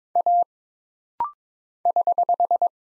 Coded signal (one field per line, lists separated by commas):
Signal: Morse code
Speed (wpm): 22 wpm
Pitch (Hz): 700 Hz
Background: none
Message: A <HH>